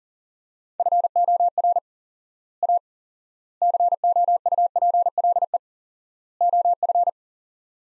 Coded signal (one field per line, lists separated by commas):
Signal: Morse code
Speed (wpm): 37 wpm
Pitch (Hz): 700 Hz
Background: none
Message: FOR A COUPLE OF